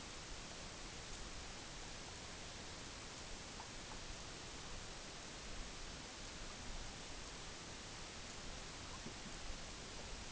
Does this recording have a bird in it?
no